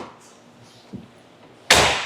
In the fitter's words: as you can see the cover will hit these latches lock into place